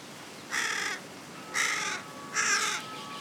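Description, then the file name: Carrion crow giving three harsh, raspy caws, each about half a second long, spaced roughly a second apart. "Corvus corone"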